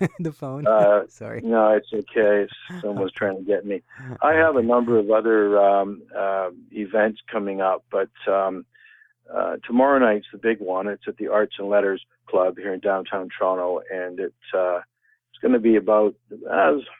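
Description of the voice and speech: An adult man speaks conversationally with frequent silent pauses, a drawn-out initial 's', and 'um' fillers before words. These pauses read as blocks and prolongations, fitting mild stuttering within otherwise fluent phrases.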